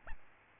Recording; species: mosquito wingbeat signal from an infrared sensor; Aedes albopictus